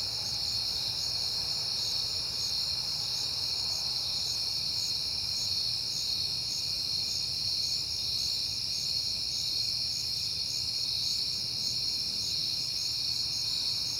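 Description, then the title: Crickets chirp in a constant, even night chorus, shrill trills pulsing steadily, over a faint low rumble. Crickets recorded at night in September, on a peaceful night. "Night Time: Crickets and Passing Cars"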